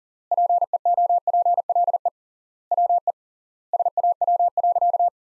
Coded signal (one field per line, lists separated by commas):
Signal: Morse code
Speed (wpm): 37 wpm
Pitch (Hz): 700 Hz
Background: none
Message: PEOPLE WE SAW.